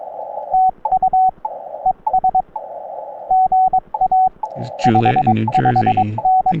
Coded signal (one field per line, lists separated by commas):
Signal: Morse code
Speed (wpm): 24 wpm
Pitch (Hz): 750 Hz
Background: speech, radio noise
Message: TU ES GA 55N